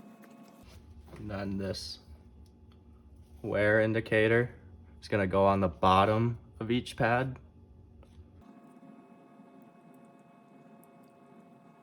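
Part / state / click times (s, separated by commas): wear indicator clip onto brake pad backing plate / not seated / none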